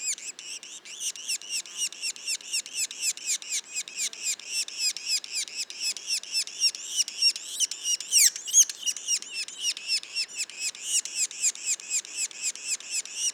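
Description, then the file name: Yellow-bellied sapsucker young giving rapid, shrill squeaking calls in an unbroken series, with one louder sweeping note midway. Juveniles; Mont-Orford National Park, Quebec. "pic macule. parc national du mont orford"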